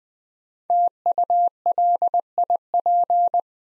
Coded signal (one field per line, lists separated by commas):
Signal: Morse code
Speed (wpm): 20 wpm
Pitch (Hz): 700 Hz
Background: none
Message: TULIP